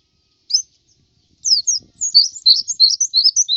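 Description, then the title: White-eye twittering: one high note, then a lively run of warbled, high-pitched chirps that grows steadily busier toward the end. "Suara burung pleci"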